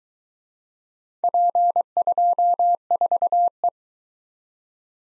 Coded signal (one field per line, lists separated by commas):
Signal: Morse code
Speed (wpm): 23 wpm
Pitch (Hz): 700 Hz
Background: none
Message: P24E